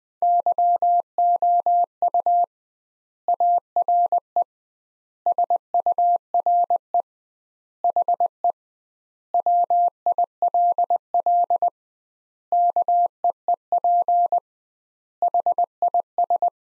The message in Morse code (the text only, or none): YOU ARE SURE HE WILL KEEP HIS